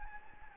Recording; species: mosquito wingbeat signal from an infrared sensor; Anopheles gambiae